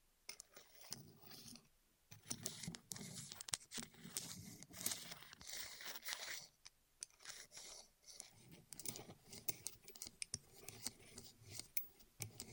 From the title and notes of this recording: ASMR Rolling On Your Ears (No Talking).